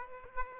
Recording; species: mosquito wingbeat signal from an infrared sensor; Aedes aegypti